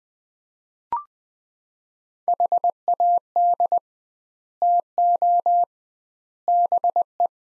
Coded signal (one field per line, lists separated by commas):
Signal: Morse code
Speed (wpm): 20 wpm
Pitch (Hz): 700 Hz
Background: none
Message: HAD TO BE